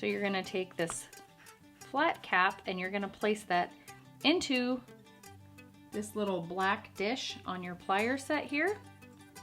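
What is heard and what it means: A flat snap cap is handled and placed into the small black dish (die) of a snap-setting plier while someone talks over background music. Nothing has seated or clicked yet.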